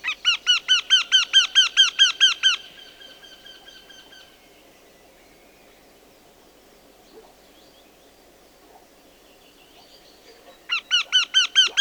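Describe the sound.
Eurasian wryneck delivering a quick string of harsh, nasal notes, then a long quiet stretch before another loud series begins at the end.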